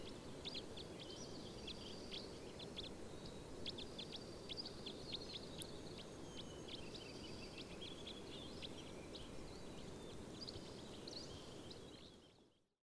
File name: Red Crossbill